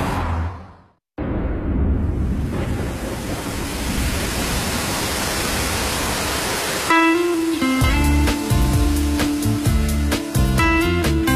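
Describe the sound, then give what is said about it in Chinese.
Steady, dense hiss of heavy rain, a rain sound played on Beijing Music Radio FM 97.4 although it is not raining that day, after a brief pause, loud and unbroken; around the seventh second music with sustained tones and a beat comes in over the continuing rain. “前面的雨声非常的真实，各位，今天没有下雨哦。”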